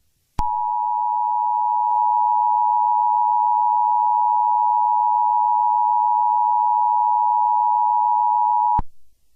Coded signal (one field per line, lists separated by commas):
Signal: Emergency Alert System (SAME) tones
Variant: 853 and 960 Hz attention tone